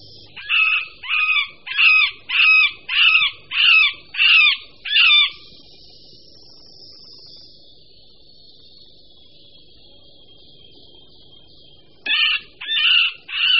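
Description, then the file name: Middle spotted woodpecker calls: seven harsh, nasal quacking notes in quick steady succession, a long quiet pause with a faint thin tone, then three more notes. "Strakapoud-prostřední"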